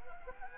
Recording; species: mosquito wingbeat signal from an infrared sensor; Anopheles gambiae